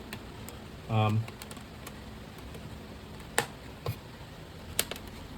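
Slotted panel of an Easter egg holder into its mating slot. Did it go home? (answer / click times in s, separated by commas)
yes / 3.4 s, 4.8 s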